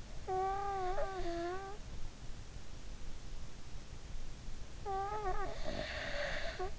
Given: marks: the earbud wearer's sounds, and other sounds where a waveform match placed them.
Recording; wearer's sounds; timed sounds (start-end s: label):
sounds in sleep by an in-ear microphone; snoring breath
0.33-1.82 s: snoring breath
4.73-6.79 s: snoring breath